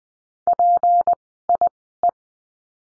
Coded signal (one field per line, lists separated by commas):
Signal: Morse code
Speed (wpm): 20 wpm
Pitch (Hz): 700 Hz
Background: none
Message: PIE